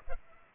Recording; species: mosquito wingbeat signal from an infrared sensor; Culex pipiens